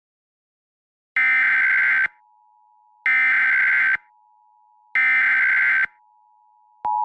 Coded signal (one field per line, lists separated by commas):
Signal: Emergency Alert System (SAME) tones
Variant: header bursts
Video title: EAS Scenario #2 - Tilt